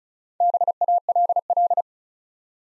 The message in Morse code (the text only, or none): BALL